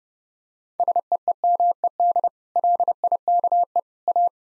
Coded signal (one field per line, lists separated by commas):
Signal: Morse code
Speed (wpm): 32 wpm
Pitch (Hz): 700 Hz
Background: none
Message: SEEMED LIKE A